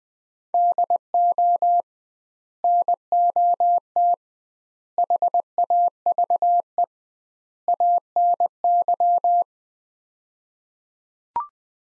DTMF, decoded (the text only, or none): none